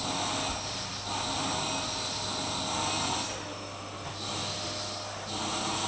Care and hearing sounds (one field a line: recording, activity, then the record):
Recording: daily activity, microphone in the room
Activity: vacuum cleaning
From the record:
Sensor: 1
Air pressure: 991.0 hPa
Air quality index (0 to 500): 118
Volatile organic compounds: 173 ppm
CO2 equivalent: 4118 ppm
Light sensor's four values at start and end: 19/45/18/20 and 19/44/18/20